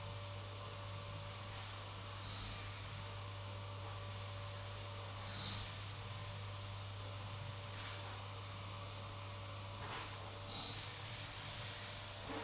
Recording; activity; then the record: daily activity, microphone in the room; vacuum cleaning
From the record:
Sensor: 1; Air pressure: 991.8 hPa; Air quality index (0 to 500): 184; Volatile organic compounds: 1000 ppm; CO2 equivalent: 7039 ppm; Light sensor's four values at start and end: 28/99/38/38 and 28/99/38/38